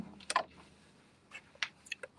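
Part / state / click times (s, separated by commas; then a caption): hat frame onto embroidery machine driver / not seated / none. A hat frame holding a cap is pushed onto the driver of a Tajima embroidery machine, producing a few short, sharp knocks and ticks around 0.3, 1.6, 1.9, 2.0 and 2.2 seconds over a quiet background. The frame has not clicked or seated onto the driver yet.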